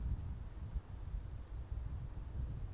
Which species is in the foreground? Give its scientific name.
Parus major